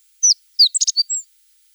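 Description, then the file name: Godlewski's bunting calls: a short burst of several high, thin downslurred notes and quick ticks, in otherwise silent surroundings. "Ovsjanka Godlevskogo"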